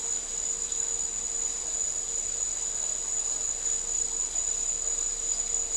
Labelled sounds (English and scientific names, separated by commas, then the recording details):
none
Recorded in dense forest near Puerto Asís, Putumayo, Colombia, on 4 March 2025 at 09:30
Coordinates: 0.467, -76.328
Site G041